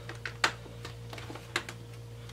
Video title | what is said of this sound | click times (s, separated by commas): Laptop screen replacement / How to replace laptop screen Acer Aspire TimelineX 5820T | make sure to just do one more pass up the top of the bezel, make sure everything's snapped in place. Alright. | 0.4 s, 1.6 s